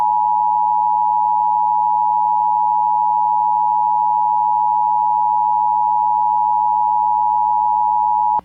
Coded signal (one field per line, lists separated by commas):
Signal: Emergency Alert System (SAME) tones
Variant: 853 and 960 Hz attention tone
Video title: EAS Severe Thunderstorm Warning Jacksonville, Florida NOAA Weather Radio (WECC/WWIO Folkston, GA)